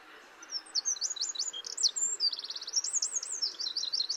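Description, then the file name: Eurasian wren pouring out a quick, ringing song of sharp chips, a rattling trill and swirling high notes, over a soft background hiss. "Troglodytes troglodytes"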